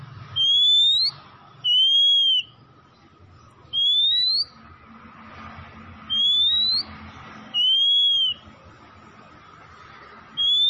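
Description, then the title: Oriental magpie-robin giving pure drawn-out whistles, each rising or arching, repeated roughly every two seconds, with a faint steady hum underneath. Tretes; singing vigorously (gacor). "Kacer Tretes Gacor"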